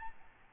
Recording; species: mosquito wingbeat signal from an infrared sensor; Aedes albopictus